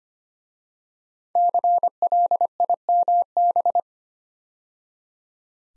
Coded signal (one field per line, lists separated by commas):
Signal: Morse code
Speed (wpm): 25 wpm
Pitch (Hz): 700 Hz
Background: none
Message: CLIMB